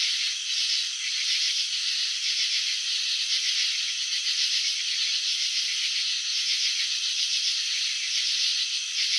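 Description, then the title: Chirping crickets, a dense high trill of rapid pulses throughout. Crickets chirping, filmed in slow motion showing wing vibrations and antenna movements. "Crickets in Slow Motion 📷. Capturing the Elegance of Chirping"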